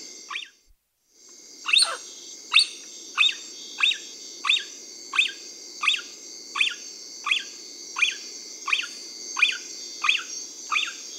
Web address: Natures Songs S America Mammals of the Rainforest Kinkajou